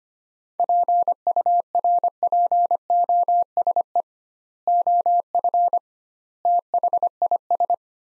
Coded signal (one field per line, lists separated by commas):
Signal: Morse code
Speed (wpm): 25 wpm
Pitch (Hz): 700 Hz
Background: none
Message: PURPOSE OF THIS